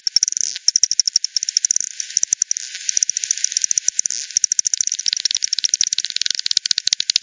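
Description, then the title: Bat echolocation pulses, crisp clicks repeating rapidly with slight pauses, speeding into a dense patter near the end. Multiple bats over the Hogsmill River at Hogsmill Lane, 7 October 2020, 18:10; frequency-divided by ten bat detector output, bandpass filtered and resampled. "WW bat 20201007 T 18 : 10 Z-Hogsmill-Lane-Hogsmill-River-multiple-bats"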